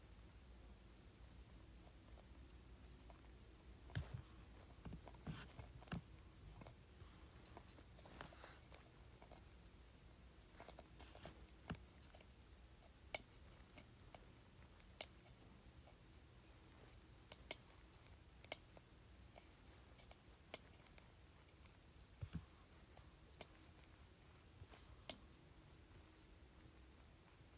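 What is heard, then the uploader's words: A spray bottle lid is scratched in short, sharp scrapes and ticks scattered irregularly through the clip, busiest around four to eight seconds with a longer hissing scrape near eight seconds. Later the clicks thin out, spaced every second or two over a steady low hum. ASMR Scratching Spray Bottle Lid.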